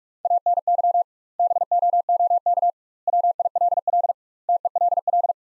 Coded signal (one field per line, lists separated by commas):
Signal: Morse code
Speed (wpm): 46 wpm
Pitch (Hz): 700 Hz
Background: none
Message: ANY BOOK WILL TELL